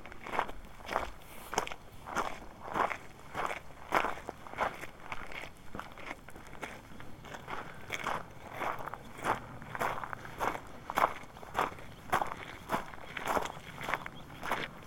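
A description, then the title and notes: Footsteps on a hike along the Colorado Trail, crunching steadily at a regular walking pace of roughly two steps per second for the whole stretch. Each step is a short, gritty crunch, with a low rustle and faint background noise between them. A short hike on the Colorado Trail. The recording was made from Molas Lake back to our car parked just off Highway 550 between Durango and Ouray. The part of the trail we hiked is just below 11,000 feet in elevation.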